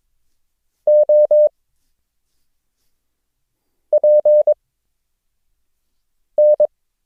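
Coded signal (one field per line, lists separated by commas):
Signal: Morse code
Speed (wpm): 22 wpm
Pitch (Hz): 600 Hz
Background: none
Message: O P N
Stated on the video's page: Morse code lesson drill introducing the characters O, G and Q, with mixed-character transmissions.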